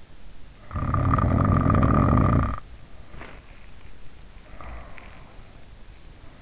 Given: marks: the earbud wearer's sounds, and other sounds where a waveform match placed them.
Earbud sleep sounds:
sounds in sleep by an in-ear microphone; snoring breath, breath
0.43-2.71 s: snoring breath
4.20-6.42 s: breath

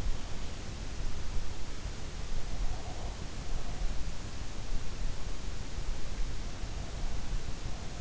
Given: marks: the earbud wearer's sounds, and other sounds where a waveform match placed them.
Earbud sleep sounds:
sounds in sleep by an in-ear microphone; breath
2.61-4.03 s: breath

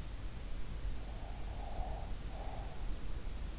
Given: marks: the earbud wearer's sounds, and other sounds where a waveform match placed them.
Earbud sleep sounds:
sounds in sleep by an in-ear microphone; breath
0.60-3.00 s: breath

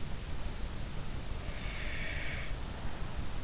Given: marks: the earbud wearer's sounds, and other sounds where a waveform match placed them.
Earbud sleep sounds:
sounds in sleep by an in-ear microphone; breath
1.45-3.04 s: breath

